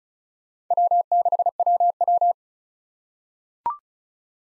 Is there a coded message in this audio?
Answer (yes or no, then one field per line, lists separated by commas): yes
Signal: Morse code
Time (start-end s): 0.7-2.3 s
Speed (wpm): 36 wpm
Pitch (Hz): 700 Hz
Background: none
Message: W6WW